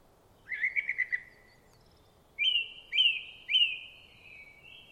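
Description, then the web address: Song thrush song, a trilled whistled phrase followed by a clear note repeated three times at short intervals. "cianscape birddata Deverinetal 2025"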